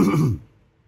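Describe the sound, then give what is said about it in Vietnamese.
A single soft cough, short and breathy with a low throaty rasp, lasting under half a second before silence. “Bất giác ho nhẹ một tiếng”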